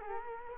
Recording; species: mosquito wingbeat signal from an infrared sensor; Culex quinquefasciatus